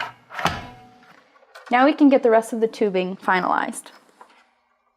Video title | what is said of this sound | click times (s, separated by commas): SI Analytics TitroLine 7000 Potansiyometrik Titrator | so we'll line up the sides here and just push down at a 45° angle until you hear a click | 0.4 s